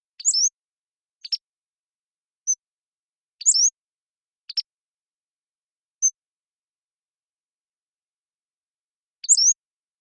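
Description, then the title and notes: Pacific-slope flycatcher singing high, thin sliding phrases, each a quick upslurred squeak, mixed with short burry notes and single pure high tones, spaced by pauses of under one to about three seconds. Long song sequence recorded with a parabolic microphone. "Pacific-Slope Flycatcher, Empidonax difficilis A long song sequence"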